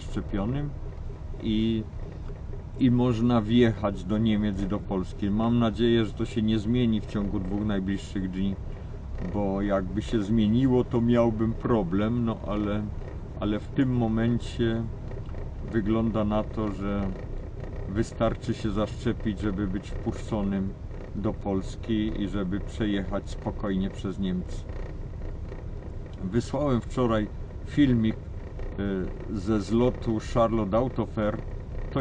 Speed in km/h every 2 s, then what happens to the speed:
0, 0, 0, 0, 0, 0, 0, 0, 0, 0, 0, 0, 0, 0, 0, 0.
0-32 standing.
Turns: none.